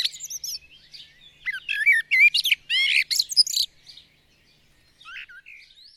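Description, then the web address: Bird song in a dense run of chirps and twisting whistles, then a pause and a few soft, scattered notes. "madarak enek"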